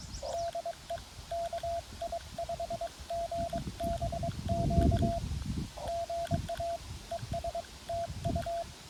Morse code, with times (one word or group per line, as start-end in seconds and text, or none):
0.3-1.0 DE
1.3-5.2 KI5GBQ
5.9-6.8 GA
7.1-7.6 ES
7.9-8.6 TU